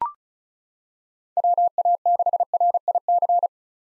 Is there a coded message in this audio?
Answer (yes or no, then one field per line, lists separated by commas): yes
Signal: Morse code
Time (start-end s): 1.4-3.5 s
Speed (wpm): 36 wpm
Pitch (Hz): 700 Hz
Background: none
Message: WA6RIC